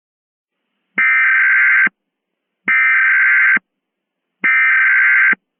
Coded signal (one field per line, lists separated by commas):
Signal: Emergency Alert System (SAME) tones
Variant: header bursts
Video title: Creepy EAS Mock: Faceless Jim